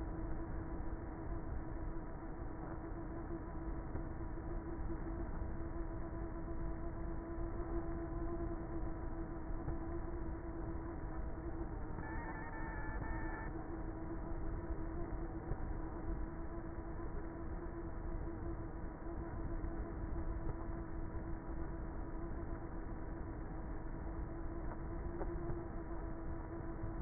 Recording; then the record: honeybee colony, microphone inside the hive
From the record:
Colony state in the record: queenless with a low population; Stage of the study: before two queens were removed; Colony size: about 30,000 bees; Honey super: no